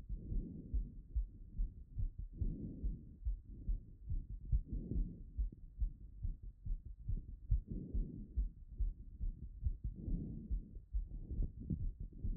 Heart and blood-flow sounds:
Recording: heart sounds by stethoscope after running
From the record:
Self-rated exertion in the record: moderate exertion (3 of 6)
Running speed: 7 mph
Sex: female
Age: 24 years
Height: 163 cm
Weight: 52 kg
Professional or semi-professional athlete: no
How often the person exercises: 1 to 2 times a week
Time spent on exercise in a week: under 1 hour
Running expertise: no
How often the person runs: 1 to 2 times a week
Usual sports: interval training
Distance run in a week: 5 km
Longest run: 3 km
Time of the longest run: 30 minutes

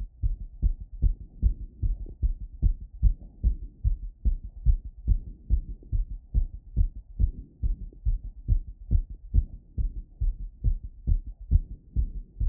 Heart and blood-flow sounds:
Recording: heart sounds by stethoscope after running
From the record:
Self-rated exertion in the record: vigorous exertion (4 of 6)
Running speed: 10 mph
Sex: male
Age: 24 years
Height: 175 cm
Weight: 56 kg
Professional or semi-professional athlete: no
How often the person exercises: over 5 times a week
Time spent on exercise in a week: over 5 hours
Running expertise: yes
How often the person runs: over 5 times a week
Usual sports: running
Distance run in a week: 60 km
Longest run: 43 km

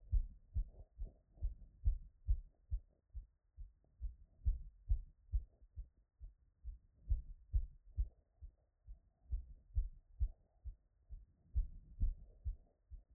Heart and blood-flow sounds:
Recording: heart sounds by stethoscope after running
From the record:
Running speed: 7 mph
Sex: male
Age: 20 to 29 years

